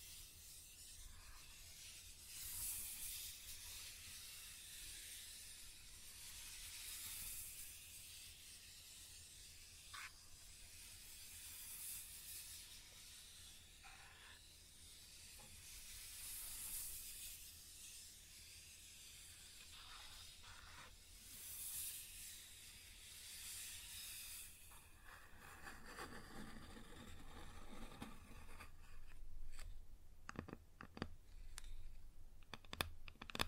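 Scratching on a wooden surface comes in slow, hissing strokes that swell and fade roughly every five seconds for most of the clip. Near the end the scraping thins out and sharp, irregular taps take over, clustering in the last few seconds over a faint steady low hum.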